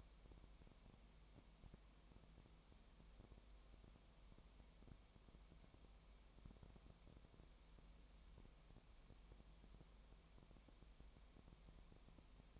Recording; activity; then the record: daily activity, microphone in the room; no activity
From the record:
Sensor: 1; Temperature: 19.4 degrees Celsius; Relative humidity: 35.7%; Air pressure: 1003.3 hPa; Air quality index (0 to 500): 113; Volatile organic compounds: 2 ppm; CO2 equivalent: 1257 ppm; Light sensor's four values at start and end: 1/2/1/1 and 1/2/1/1